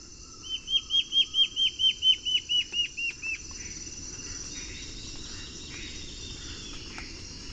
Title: LuckyPassaro Completos2Sama. Black-faced Antbird (Myrmoborus myotherinus ochrolaemus (ssp assumed from location))